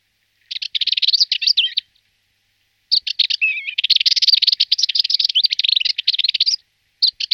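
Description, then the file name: Rüppell's warbler chattering in rapid scratchy bursts, a short phrase, a long rattling run after a pause, then another brief burst starting at the end. "pěnice-rüppelova"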